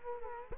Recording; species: mosquito wingbeat signal from an infrared sensor; Culex quinquefasciatus